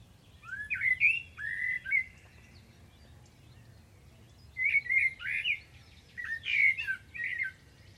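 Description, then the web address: Bird song of bright slurred whistles, given in three clusters of two or three notes each, separated by short pauses, over a low steady rumble. "Deverinetal. Bird Only"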